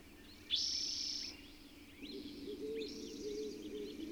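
Bird song with a long high buzzy note followed by rising chirps and short twittered phrases, over steady low background noise.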